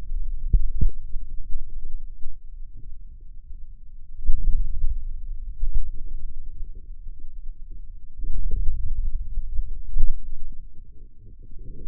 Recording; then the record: forearm muscle sounds (acoustic myography)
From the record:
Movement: hand closing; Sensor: system 2, bracelet of six BSWA MPA416 microphones around the upper forearm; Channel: 6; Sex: male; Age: 22 years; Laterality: right